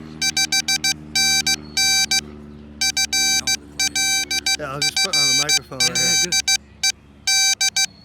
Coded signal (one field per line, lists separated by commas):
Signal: Morse code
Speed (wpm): 16 wpm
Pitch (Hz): 2350 Hz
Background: speech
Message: 5NN FL FL ED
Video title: HAM RADIO!! West Palm Beach Amateur Radio Group, Saturday At The Park, Ham Radio Club Event!!